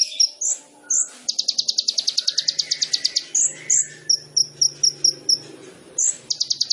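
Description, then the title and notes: Sunbird song mixing sharp high chips with a long, fast, even trill, then more chips and a short trill at the end. Indonesian masteran training recording for songbirds; bird in full song (gacor), with full fills (isian) and showy bursts (tembakan), described as suitable as a lure (pancingan). "MASTERAN KOLIBRI NINJA TERBAIK FULL ISIAN DAN TEMBAKAN MEWAH COCOK BUAT PANCINGAN. Suara Burung Kolibri Ninja Gacor"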